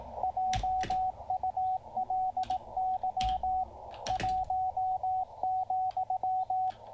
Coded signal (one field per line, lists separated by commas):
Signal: Morse code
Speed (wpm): 18 wpm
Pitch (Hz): 750 Hz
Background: radio noise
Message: JULY 1,